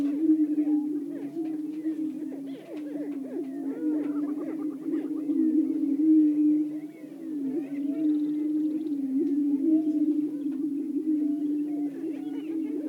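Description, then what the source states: Greater prairie-chickens boom in a continuous low hum, with dense bursts of upswept hoots and chattering notes layered on top. Several greater prairie-chickens calling.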